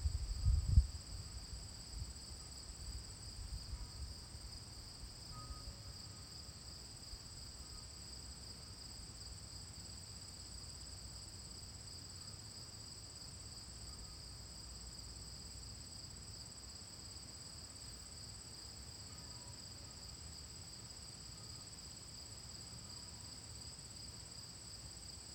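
Crickets chirr in a steady, unbroken chorus, two high bright bands that hold level for the whole stretch. A low rumble and a few soft knocks come in the first few seconds, then fade, leaving only the even insect drone.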